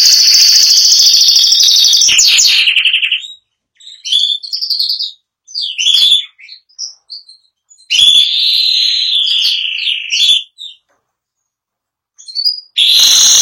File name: canto do canario giboso espanhol